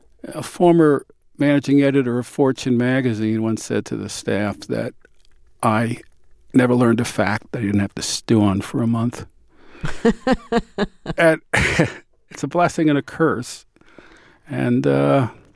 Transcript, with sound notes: a former managing editor of Fortune magazine once said to the staff that I never learned a fact that I didn't have to stew on for a month.
(Laughter).
And it's a blessing and a curse, and,